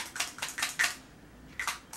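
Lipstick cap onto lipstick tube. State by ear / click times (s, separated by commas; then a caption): not seated / none. A lipstick cap is pushed onto a limited-edition L'Oréal lipstick tube with a fake cardboard shell glued on, giving a series of light tapping and clacking sounds. Nothing seats or clicks: the closure has no proper fit and the cap comes off.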